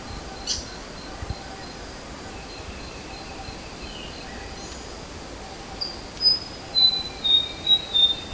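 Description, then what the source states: White-throated fantail calls: a series of five thin, high squeaky notes in the final seconds, preceded by a few faint notes, over steady insect buzz and background hiss. Recorded 13 August 2009.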